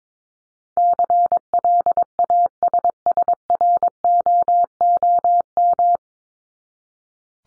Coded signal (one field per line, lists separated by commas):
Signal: Morse code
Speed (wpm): 22 wpm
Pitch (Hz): 700 Hz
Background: none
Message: CLASSROOM